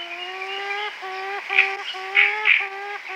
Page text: Andrew Spencer - Султанка (Porphyrio poliocephalus)